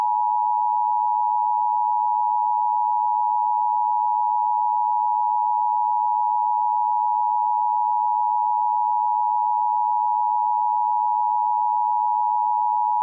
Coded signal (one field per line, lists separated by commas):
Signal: Emergency Alert System (SAME) tones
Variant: 853 and 960 Hz attention tone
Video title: [2] RetroTech San Antonio Test Card, Black & White Monochrome, 4:3 Aspect Ratio 1.33:1, EBS EAS SAME